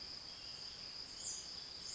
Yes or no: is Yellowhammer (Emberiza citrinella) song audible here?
no